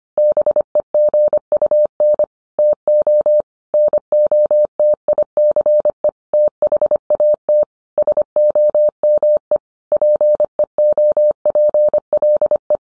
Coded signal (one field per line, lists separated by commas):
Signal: Morse code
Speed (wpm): 25 wpm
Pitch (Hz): 600 Hz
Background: none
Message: BEGUN TO NOTICE THAT SOME PEOPLE